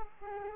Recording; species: mosquito wingbeat signal from an infrared sensor; Aedes aegypti